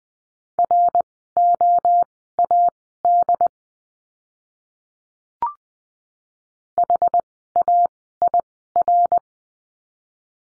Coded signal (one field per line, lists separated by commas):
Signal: Morse code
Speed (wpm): 20 wpm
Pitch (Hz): 700 Hz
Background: none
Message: ROAD HAIR